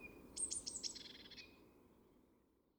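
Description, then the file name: Eurasian blue tit call: a few very high, thin notes quickly followed by a short buzzy, descending trill that fades out within about a second. "Cyanistes caeruleus"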